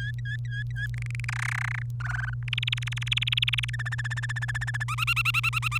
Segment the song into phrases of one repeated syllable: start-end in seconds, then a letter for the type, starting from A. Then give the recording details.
0.00-0.87 A, 0.94-1.25 B, 1.28-1.82 C, 2.00-2.30 D, 2.48-3.70 E, 3.73-4.84 F, 4.88-5.78 G. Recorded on 28 April 2018 at 05:54. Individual llb3